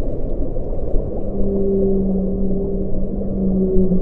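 Whale song: a long, steady low moan held for several seconds with a fainter higher overtone, over constant rushing background noise.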